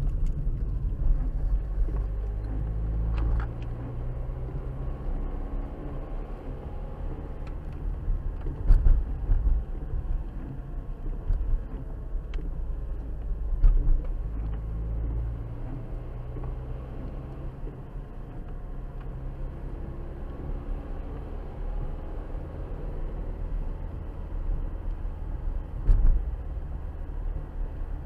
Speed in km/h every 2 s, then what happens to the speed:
27, 31, 50, 56, 52, 44, 37, 39, 47, 50, 52, 56, 55, 53.
0-6 speeds up to 56. 6-12 slows to 37. 12-21 speeds up to 56. 21-28 steady at about 55.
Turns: none.